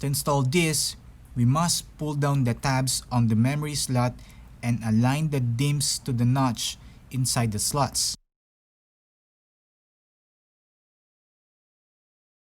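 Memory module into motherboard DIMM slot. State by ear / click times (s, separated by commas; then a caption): not seated / none. Someone talks while a DDR4 memory stick, already lined up with the slot notch, is handled for pressing down into a motherboard DIMM slot, the memory slot's retention tabs having been pulled down first. Nothing has seated or clicked yet; the speech stops around 8.2 seconds and the rest of the clip is silent.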